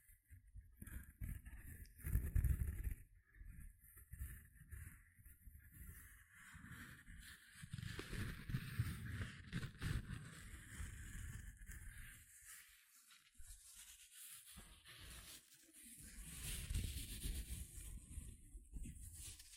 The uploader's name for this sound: Tingly Gentle Scratching Sounds